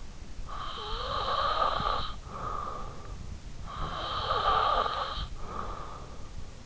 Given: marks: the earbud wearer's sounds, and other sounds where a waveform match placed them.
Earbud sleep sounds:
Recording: sounds in sleep by an in-ear microphone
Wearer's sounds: snoring breath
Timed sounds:
0.34-3.32 s: snoring breath
3.55-6.29 s: snoring breath

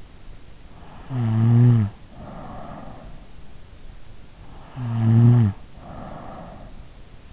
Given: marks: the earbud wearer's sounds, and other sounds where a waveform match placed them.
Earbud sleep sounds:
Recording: sounds in sleep by an in-ear microphone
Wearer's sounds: snoring breath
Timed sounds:
0.77-3.69 s: snoring breath
4.25-7.33 s: snoring breath

